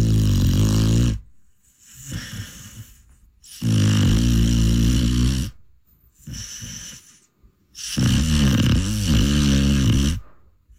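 Loud, low, buzzing snores with a strong rattling tone alternate with softer, breathy sounds between them. About three snore cycles come in eleven seconds, roughly 15 breaths a minute, steady and unhurried. This is ordinary sleep snoring from a dog named Rosie, a pet sleeping in a bedroom in Nashville with her face close to a sleeping person's face.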